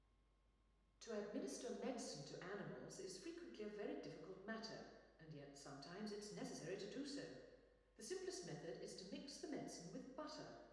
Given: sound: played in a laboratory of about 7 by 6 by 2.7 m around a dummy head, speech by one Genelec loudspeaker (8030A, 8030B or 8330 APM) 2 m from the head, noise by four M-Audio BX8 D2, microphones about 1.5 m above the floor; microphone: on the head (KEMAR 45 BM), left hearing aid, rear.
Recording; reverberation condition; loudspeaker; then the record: female speech in English; high; 60 degrees to the left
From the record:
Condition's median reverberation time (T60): about 1300 ms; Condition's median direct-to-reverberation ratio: about -4.0 dB